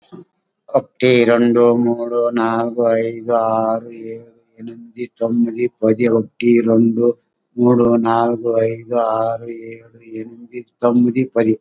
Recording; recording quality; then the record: counting at a fast pace; excellent, no background noise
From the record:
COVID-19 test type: RT-PCR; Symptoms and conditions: hypertension, diabetes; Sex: male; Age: 65 years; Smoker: yes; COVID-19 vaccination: both doses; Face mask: worn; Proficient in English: yes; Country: India